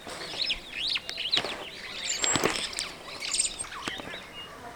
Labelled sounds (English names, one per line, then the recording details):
Superb Starling flight call
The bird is a male
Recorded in Kenya on 26 June 2010
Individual 46, of group MRC1